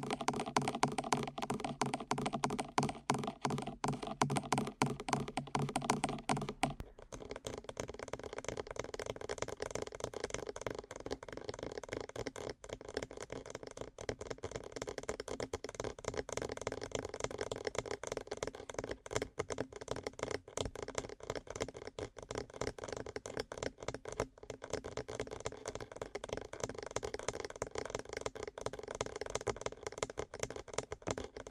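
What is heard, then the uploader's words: Rapid, dense tapping close to the ear, busier and fuller for the first seven seconds, then a lighter, steady patter continuing throughout. ASMR Fast Ear Tapping (No Talking).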